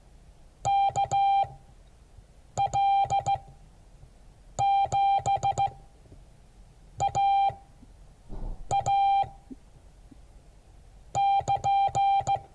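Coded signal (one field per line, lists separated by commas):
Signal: Morse code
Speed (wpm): 15 wpm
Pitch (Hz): 790 Hz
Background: none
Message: KL7AA <KN>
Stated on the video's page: Morse code class.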